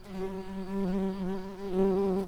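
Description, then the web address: Tree bumblebee buzz, a steady low droning hum with rich overtones that wavers slightly in pitch and loudness throughout, with no other sounds. Worker bees. "Hypnorum workers"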